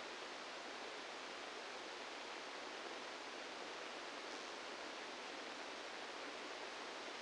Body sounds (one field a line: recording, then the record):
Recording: brain microelectrode recording played as sound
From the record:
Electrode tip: outside the subthalamic nucleus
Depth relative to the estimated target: -8 mm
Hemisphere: right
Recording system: NeuroSet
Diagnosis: Parkinson's disease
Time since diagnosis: 17 years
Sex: male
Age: 64 years